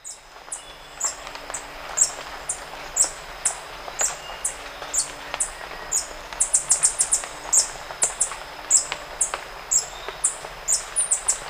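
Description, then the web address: White-tipped sicklebill giving thin, high, sharp notes about once a second, quickening toward the end, over a steady background hiss. Ecuador. "Birds of Ecuador. White-tipped Sicklebill"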